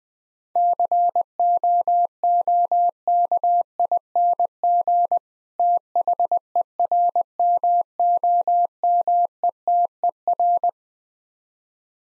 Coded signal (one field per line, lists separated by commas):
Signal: Morse code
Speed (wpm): 20 wpm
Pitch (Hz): 700 Hz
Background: none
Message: COOKING THERMOMETER